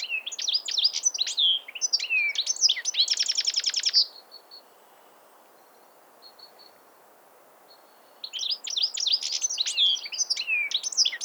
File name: Carduelis carduelis